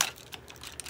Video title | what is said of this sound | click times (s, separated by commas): Shuriken Sentai Ninninger Mega Review Part 3A: Bison King [Soundout Review] | We'll stick this straight down. to click in place. | 0.0 s